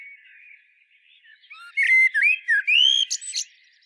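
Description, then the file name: Common blackbird song, a faint soft opening, then a loud mellow fluted phrase of slurred whistles that breaks into a short squeaky twitter near the end. "Turdus merula"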